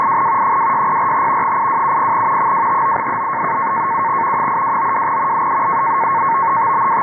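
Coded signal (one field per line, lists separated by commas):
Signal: NAVTEX (SITOR-B)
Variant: 100 baud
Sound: fast warbling two-tone chatter around 1 kHz over hissy band-limited static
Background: radio static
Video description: Here I am receiving and decoding a NAVTEX-SITORB message from the station in Norfolk, VA. I was tuned to 517 kHz Upper Sideband in order to capture the audio from the signal centered on 518 kHz.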